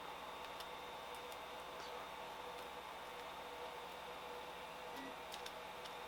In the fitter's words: boom and they lock